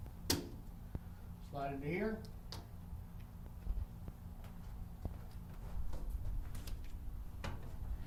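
An LED retrofit light bar is pressed into plastic mounting clips inside a cooler and snaps into place with one sharp click at 0.3 s, seating it in the clips. Someone talks, and a few fainter taps and knocks follow.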